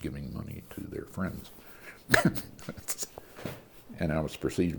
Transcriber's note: laughter